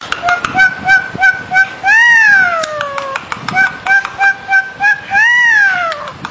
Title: Jalak Bali